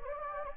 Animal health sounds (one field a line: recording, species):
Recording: mosquito wingbeat signal from an infrared sensor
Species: Anopheles gambiae